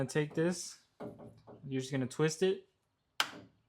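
Someone talks while twisting the plastic reverse light bulb socket out of the tail light housing on a 22+ Silverado. A sharp tick sounds at 3.2 s as the socket releases from the housing, freeing the bulb.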